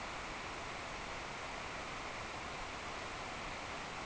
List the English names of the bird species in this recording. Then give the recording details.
none. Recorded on Arctic tundra, site NAIT-1, on 26 June 2018. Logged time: 09:00